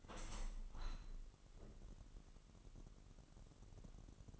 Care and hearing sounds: daily activity, microphone in the room; open window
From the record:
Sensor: 4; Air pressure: 998.8 hPa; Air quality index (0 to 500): 118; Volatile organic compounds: 2 ppm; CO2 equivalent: 1162 ppm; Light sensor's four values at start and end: 9/23/9/10 and 9/23/9/10

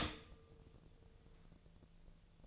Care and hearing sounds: daily activity, microphone in the room; stop toaster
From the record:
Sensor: 4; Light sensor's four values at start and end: 20/46/19/21 and 20/46/19/21

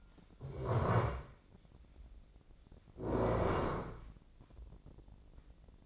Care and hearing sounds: daily activity, microphone in the room; stand up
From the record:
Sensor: 5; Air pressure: 1012.4 hPa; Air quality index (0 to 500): 152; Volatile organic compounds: 2 ppm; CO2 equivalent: 1046 ppm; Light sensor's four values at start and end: 290/695/297/330 and 290/694/297/330

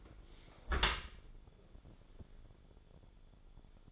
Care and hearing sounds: daily activity, microphone in the room; close dishwasher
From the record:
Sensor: 5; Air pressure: 1015.1 hPa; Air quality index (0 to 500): 144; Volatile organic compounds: 4 ppm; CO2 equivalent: 1556 ppm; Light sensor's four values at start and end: 37/87/35/37 and 38/90/37/39

